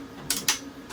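A freshly 3D-printed plastic puzzle lock box has its print-in-place moving part gently pried so the slightly fused contact points break loose. Sharp snaps are heard at 0.3 and 0.5 seconds, with a fainter tick near the end. The fused parts snap free and are released.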